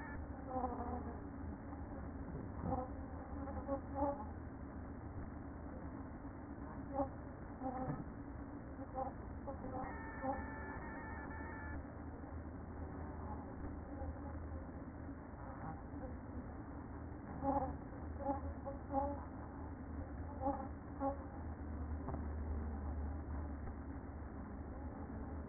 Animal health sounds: honeybee colony, microphone inside the hive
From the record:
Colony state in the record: queen present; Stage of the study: after two queens were removed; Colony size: about 60,000 bees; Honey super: yes

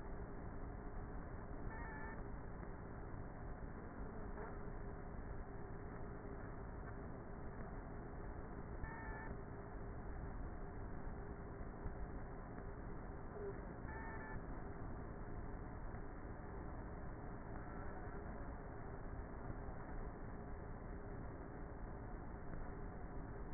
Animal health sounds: honeybee colony, microphone inside the hive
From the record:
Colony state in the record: queenless with a low population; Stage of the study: before two queens were removed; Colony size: about 30,000 bees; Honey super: no

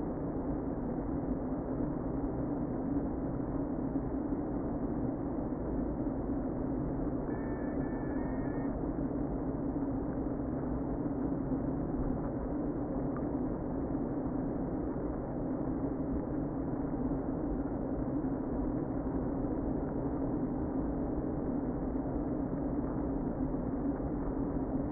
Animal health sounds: honeybee colony, microphone inside the hive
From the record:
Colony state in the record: queen present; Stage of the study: before two queens were removed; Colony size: about 60,000 bees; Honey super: yes

